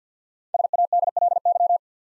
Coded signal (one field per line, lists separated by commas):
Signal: Morse code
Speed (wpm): 50 wpm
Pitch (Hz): 700 Hz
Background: none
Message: SADLY